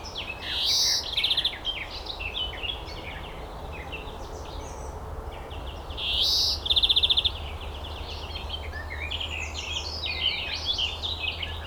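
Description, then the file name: European greenfinch giving two long wheezes, each followed by a quick rattle, over steady twittering. "Chloris chloris"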